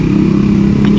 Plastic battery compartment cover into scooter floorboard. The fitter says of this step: matigas eh uy y lamig niyo lumagitik